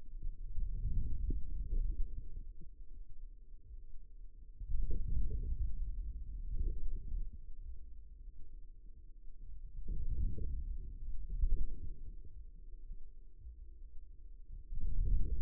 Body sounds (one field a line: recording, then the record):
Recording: forearm muscle sounds (acoustic myography)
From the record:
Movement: outward rotation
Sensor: system 2, bracelet of six BSWA MPA416 microphones around the upper forearm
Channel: 4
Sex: male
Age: 22 years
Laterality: right